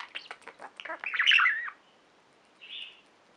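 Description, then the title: Budgerigar gives a quick run of clicks and a squawky warble, then a faint brief chirp after a pause. "Budgie Sounds"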